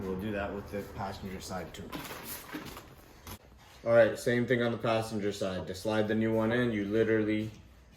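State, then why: Not seated. A new passenger-side wiper blade is being slid onto the windshield wiper arm of a 2019 VW e-Golf. Someone talks throughout, with a short handling knock around 3.3 s. Nothing has seated or clicked yet.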